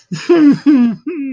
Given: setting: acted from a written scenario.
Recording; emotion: vocal sound without words; sadness